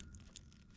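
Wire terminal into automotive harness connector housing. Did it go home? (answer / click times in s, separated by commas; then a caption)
no / none. A metal wire terminal is handled and pushed into a plastic automotive harness connector housing, with faint scraping and small ticks near 0.0, 0.2, 0.4 and 0.8 seconds over a low background rumble. The terminal has not seated or clicked into place yet.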